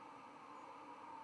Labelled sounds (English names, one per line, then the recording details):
White-throated Sparrow flight call
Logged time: 03:10 on 11 November 2014